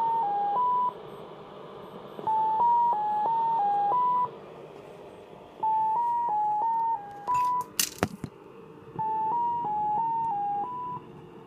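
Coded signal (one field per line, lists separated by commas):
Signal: numbers station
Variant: X06 Mazielka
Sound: repeated short melodies of six stepped tones around 1 kHz, four times, with static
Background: radio static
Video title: SW DX - X06 Mazielka Numbers Station, received in Sofia, Bulgaria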